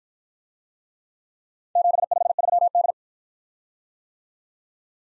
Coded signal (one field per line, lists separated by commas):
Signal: Morse code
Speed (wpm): 53 wpm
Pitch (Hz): 700 Hz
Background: none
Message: 753D